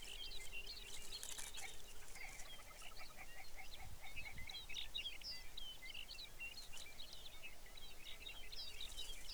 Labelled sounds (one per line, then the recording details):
songbird
grouse or ptarmigan
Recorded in the Arctic National Wildlife Refuge, Alaska, on 23 May 2019 at 05:11
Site 49